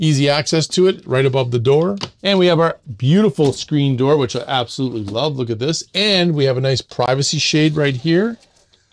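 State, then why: Not seated. Someone talks while handling the privacy shade on the screen door of a 2023 Unity FX motorhome, moving it toward the screen door frame where it latches in place. Nothing has seated or clicked yet when the clip ends.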